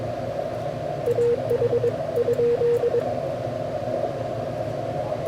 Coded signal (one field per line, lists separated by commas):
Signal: Morse code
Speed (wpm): 21 wpm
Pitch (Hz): 480 Hz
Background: radio noise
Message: AH ?